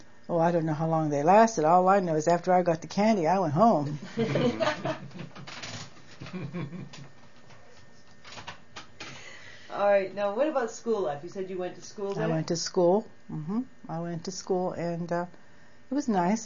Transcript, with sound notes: Oh, I don't know how long they lasted, all I know was after I got the candy I went home. (everyone laughs)
All right now, what about school life. You said you went to school there?
I went to school. I went to school and it was nice.